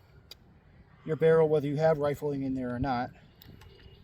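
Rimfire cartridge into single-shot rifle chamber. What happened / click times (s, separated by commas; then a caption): The cartridge is being handled but has not yet clicked into the chamber / none. A .22 LR cartridge is handled at the chamber of a single-shot falling-block rifle, where the extractor drops under the cartridge rim once the round is pushed in. Someone talks from about 1.0 to 3.1 s, with brief faint ticks near 0.3, 3.4 and 3.6 s. The round has not seated or clicked into the chamber yet.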